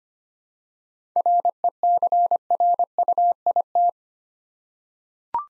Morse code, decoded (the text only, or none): RECRUIT